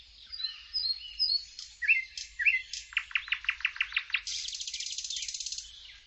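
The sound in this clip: Bird song of varied high whistles and slurred notes, then a fast series of downward-sweeping notes, ending in a long buzzy trill.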